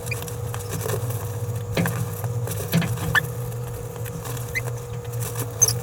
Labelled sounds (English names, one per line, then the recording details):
Green-rumped Parrotlet babbling
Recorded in a nest box in Venezuela
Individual 18B17A4